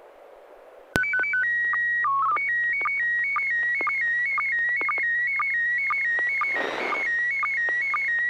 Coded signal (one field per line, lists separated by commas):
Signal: SSTV (slow-scan television)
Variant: PD 120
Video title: N6NA SSTV Net - 08/04/2021